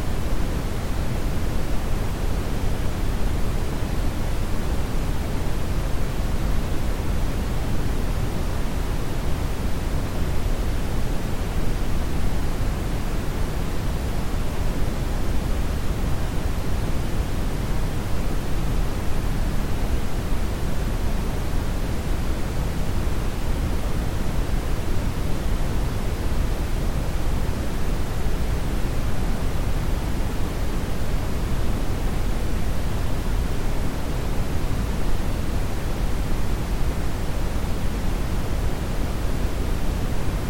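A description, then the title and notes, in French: Brown noise runs without change for the full forty seconds, a dense, even rush weighted heavily toward the low end. It sounds like a deep, soft roar with little hiss on top, and the loudness holds perfectly level throughout, with no events or other sounds. Méditation en bruit brun. Bruit brun-rouge.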